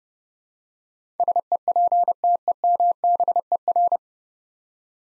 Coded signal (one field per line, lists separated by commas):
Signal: Morse code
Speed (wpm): 32 wpm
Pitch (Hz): 700 Hz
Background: none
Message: SEPTEMBER